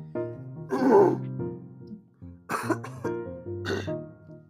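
An adult man with hay fever affecting his throat makes low, rough, voiced throat noises broken by three harsh bursts over about four seconds. The sounds are repeated throat clearing with short coughs, as if trying to clear mucus or irritation from a sore throat.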